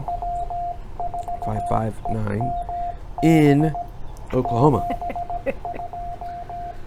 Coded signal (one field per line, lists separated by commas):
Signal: Morse code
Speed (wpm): 16 wpm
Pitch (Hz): 690 Hz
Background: speech, radio noise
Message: W4EMB 72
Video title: CW Copy Practice With W4EMB 7 July